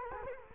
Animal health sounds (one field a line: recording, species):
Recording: mosquito wingbeat signal from an infrared sensor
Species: Culex quinquefasciatus